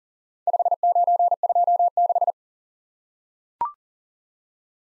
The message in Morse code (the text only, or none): 5926